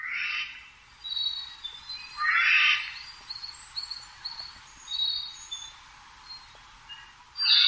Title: 朝の小鳥. カケスの雲溜め